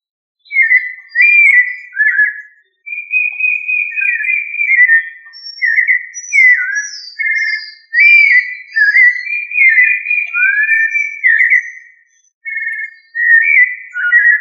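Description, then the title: Thrush song of rich whistled phrases, some long and level, others dipping or rising, delivered with only short pauses over about fourteen seconds with faint high notes above. "Familia Turdidae - Sabia"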